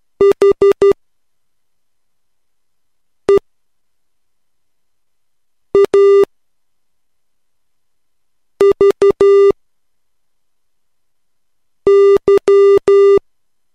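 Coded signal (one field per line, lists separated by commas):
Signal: Morse code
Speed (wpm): 12 wpm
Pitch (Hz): 400 Hz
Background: none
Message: HEAVY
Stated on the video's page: Morse code practice at 3 wpm using a limited set of letters.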